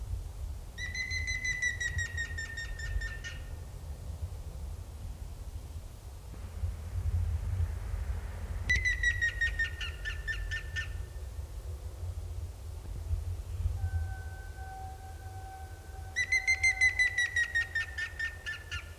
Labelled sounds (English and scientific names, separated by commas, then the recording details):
Grey-headed Woodpecker (Picus canus)
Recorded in the wild
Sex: male
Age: adult
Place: Bielefeld-Stieghorst, OT Lämershagen, Nordrhein-Westfalen, DE
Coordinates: 51.9747, 8.61917
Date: 1972-03-17
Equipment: Uher 4200 Report Stereo, Bändchenmikro Beyer M 260, Parabolspiegel Polyester (600 mm)
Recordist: Conrads, Klaus
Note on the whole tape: Männchen: Rufreihen, Trommeln. Angabe des Autors: Kopie Mensendiek